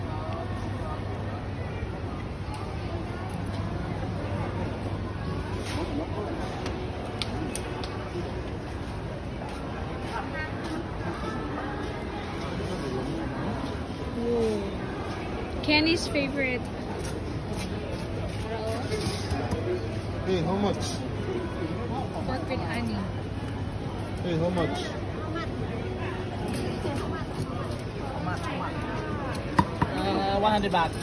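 Street food scene in Chiang Mai: a steady wash of overlapping voices and crowd chatter runs throughout, over a low engine hum that fades mid-clip and returns. Scattered clinks and taps pop up, with a few sharp knocks near the end.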